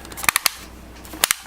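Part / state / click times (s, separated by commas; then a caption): adjustable mounting handle joint on a projector base / seated / 0.3 s, 0.4 s, 0.5 s, 1.2 s, 1.3 s. The plastic adjustable mounting handle on the bottom of a Gemmy automated fading Halloween gobo projector is tilted so the projector can be pointed in different directions. It ratchets through its detent positions with sharp plastic clicks at 0.3, 0.4, 0.5, 1.2 and 1.3 seconds, and the hinge clicks into place.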